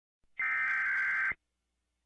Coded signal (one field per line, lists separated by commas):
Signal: Emergency Alert System (SAME) tones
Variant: header bursts